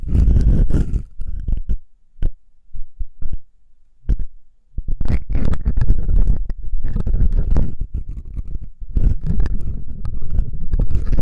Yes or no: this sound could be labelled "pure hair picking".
yes